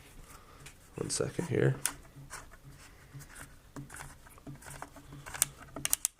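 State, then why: Seated. The magazine tube cap on a Benelli Montefeltro Synthetic 12-gauge shotgun with a 26-inch barrel is screwed down to hold the barrel on, while someone talks and handling rustle fills the early seconds. Its detent gives sharp ratcheting clicks at about 5.4, 5.9, 5.9 and 6.1 seconds as it tightens, and the cap is seated.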